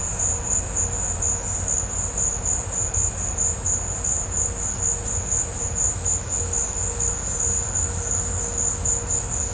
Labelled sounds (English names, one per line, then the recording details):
none
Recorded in pastures near Puerto Asís, Putumayo, Colombia, on 21 December 2024 at 16:30
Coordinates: 0.502, -76.324
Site G077